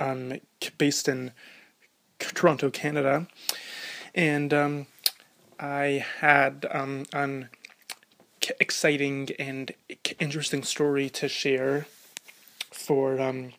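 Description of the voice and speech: An adult man who stutters speaks openly with his stutter, in short bursts broken by frequent 'um' fillers, stretched sounds and pauses of up to a second. These disfluencies fit stuttering: prolonged sounds and hesitations that interrupt the flow of otherwise clear speech.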